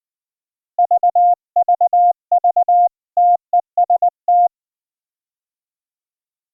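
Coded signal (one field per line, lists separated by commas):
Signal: Morse code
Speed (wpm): 20 wpm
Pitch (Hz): 710 Hz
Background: none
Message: VVV TEST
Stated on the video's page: Iambic CW keyed with iambic paddles wired to a Teensy LC board running MidiKey firmware, sending MIDI notes to ehoCW software on a Windows 10 desktop, near zero latency.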